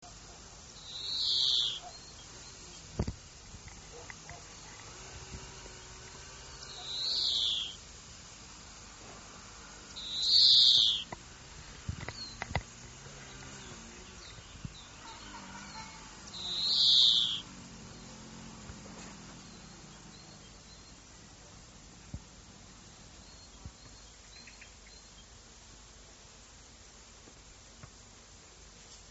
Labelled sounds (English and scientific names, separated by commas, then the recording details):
European Greenfinch (Chloris chloris) call
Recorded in the wild
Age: adult
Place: Oehrenstock/Langewiesen, Thüringer Wald, Thüringen, DE
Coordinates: 50.6603, 10.9428
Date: 2003-05-25 15:24
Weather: overcast, intermittent rain, 12-16°C
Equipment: Fair Mate ST-1328 (Asahi Electronics, Japan), Sennheiser ME 80, Kopie Uher 4000 Report Monitor
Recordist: Tembrock, Günter
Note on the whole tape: Langlaute